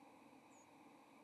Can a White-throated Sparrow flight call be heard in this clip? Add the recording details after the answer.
no. Another species' flight call is heard. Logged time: 07:15 on 30 October 2014